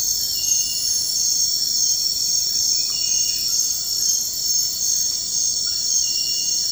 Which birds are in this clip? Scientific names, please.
none